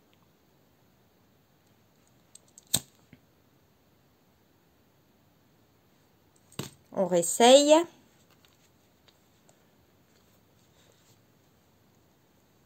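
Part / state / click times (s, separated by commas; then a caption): plastic locking washer on a safety joint shaft in a crochet doll / not seated / none. A plastic locking washer for a doll or amigurumi safety joint is handled on the joint's shaft inside a crochet piece, on a second try. There is a sharp tick near 2.8 s, someone talks briefly around 7 to 8 s, and faint small taps follow. Nothing has seated or clicked yet.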